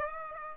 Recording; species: mosquito wingbeat signal from an infrared sensor; Aedes aegypti